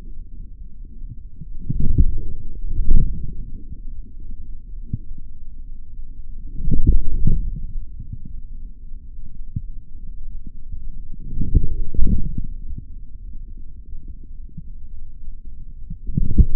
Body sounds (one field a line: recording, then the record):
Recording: forearm muscle sounds (acoustic myography)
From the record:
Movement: forearm pronation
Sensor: system 3, bracelet of six PUI Audio POM-2738L microphones around the upper forearm, with dedicated amplification and filtering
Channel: 6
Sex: male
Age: 26 years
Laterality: right